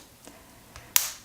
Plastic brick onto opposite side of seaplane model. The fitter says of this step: we snap that on so it looks like this now